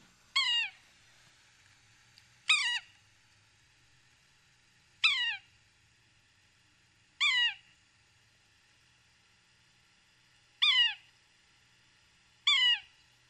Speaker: So you see, they have a variety of calls. That's the yellow-bellied sapsucker.